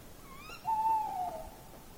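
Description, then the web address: Tawny owl giving a single soft, slightly wavering hoot that drops in pitch at the end, over quiet background hiss. "linnut lehtopollo"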